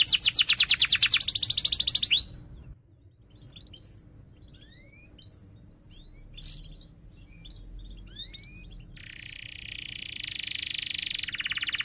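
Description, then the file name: Canary song: a loud, fast, high rolling trill for two seconds, then a few soft scattered chirps, and a new buzzy trill starting near the end. Canary singing vigorously (gacor), with 'cuit-cuit' chirps and sharp rolling trills (ngerol). "Suara Kenari Gacor Cuit Cuit Ngerol Tajam"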